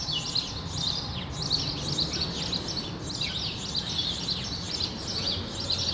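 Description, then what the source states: Sparrows keep up a dense, continuous chatter of overlapping chirps, with persistent low noise underneath. Sparrows on Rue de l'épargne, Brussels, Belgium, recorded on World Sparrow Day with Lom mikroUši AB microphones into a Deity PR-2 recorder.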